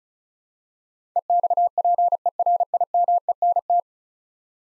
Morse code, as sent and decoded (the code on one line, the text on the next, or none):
. -..- .--. . .-. .. -- . -. -
EXPERIMENT